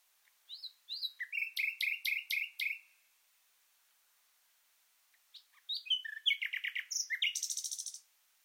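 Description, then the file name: Common nightingale singing two phrases: a fast train of repeated chirps, then after a pause a complex burst of varied notes ending in a high rapid trill. "Luscinia megarhynchos"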